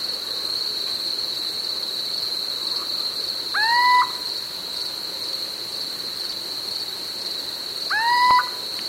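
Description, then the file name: Little owl giving two upward-sweeping, slightly nasal calls roughly four seconds apart, with a constant shrill background drone and a brief click near the end. "Steinkauz J Prevost"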